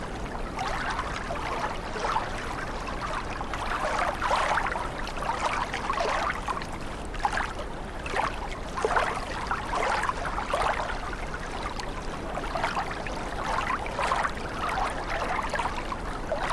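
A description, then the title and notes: Water runs continuously, a dense churning flow with no pauses. Brighter splashing surges rise and fall every second or two over a steady low rumble, staying fairly even in loudness throughout. Water Sounds.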